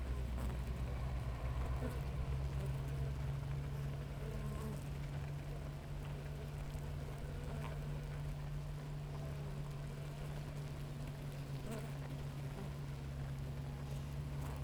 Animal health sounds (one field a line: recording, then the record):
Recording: honeybee colony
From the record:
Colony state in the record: active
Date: 28 July 2017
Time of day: 7:20